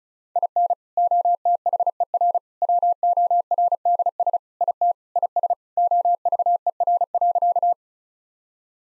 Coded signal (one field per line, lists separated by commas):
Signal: Morse code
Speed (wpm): 36 wpm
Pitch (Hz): 700 Hz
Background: none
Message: IN OTHER WORDS IT IS OVER.